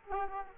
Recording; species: mosquito wingbeat signal from an infrared sensor; Aedes aegypti